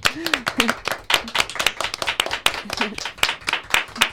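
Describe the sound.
Hands clapping in a quick, steady run of sharp, bright claps filling the whole stretch, with a few brief voiced sounds mixed in underneath.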